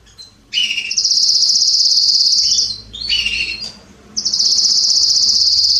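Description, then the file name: Canary singing long, high, rapid trills, pausing briefly near the middle before launching into another sustained trilled tour. "Canary Voice"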